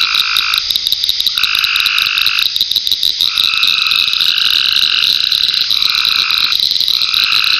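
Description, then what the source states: Frog chorus of shrill trills that repeatedly switch on and off in layered bands, over a rapid ticking insect buzz. Frogs in ponds near a pond in a forest wildlife management area, with crickets and cicadas.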